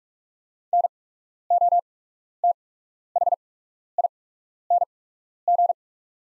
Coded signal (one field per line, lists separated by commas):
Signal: Morse code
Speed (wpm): 44 wpm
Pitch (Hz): 700 Hz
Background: none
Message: NOTHING